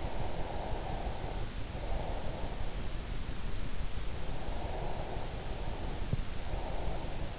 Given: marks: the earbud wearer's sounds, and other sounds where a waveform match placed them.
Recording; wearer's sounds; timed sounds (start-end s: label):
sounds in sleep by an in-ear microphone; breath
0.00-2.57 s: breath
4.68-7.08 s: breath